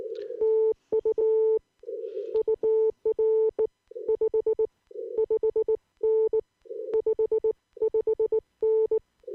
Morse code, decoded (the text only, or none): TU UR 55N 55N